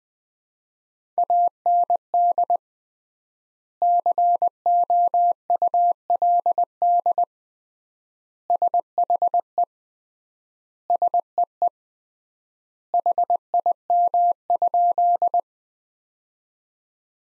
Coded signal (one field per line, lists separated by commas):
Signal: Morse code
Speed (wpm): 20 wpm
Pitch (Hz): 700 Hz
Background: none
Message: AND COULD SHE SEE HIM?